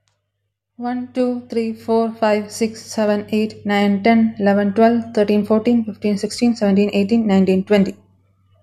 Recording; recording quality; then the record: counting at a fast pace; excellent, no background noise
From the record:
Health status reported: healthy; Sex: female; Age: 28 years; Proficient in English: yes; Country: India